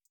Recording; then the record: hydrophone in a shrimp aquaculture tank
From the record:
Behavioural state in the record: feeding